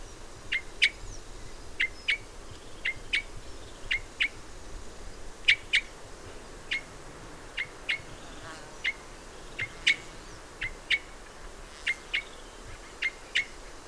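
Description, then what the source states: Red crossbill calling: repeated short, bright chip notes, frequently doubled, spaced unevenly throughout against a low, steady hiss. Red crossbill of call type N.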